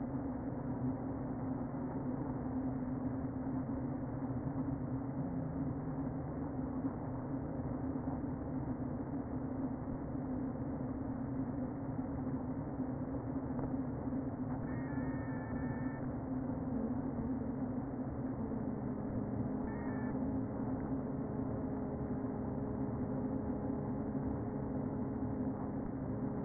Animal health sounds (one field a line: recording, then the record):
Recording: honeybee colony, microphone inside the hive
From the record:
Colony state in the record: queen present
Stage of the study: before two queens were removed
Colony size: about 60,000 bees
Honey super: yes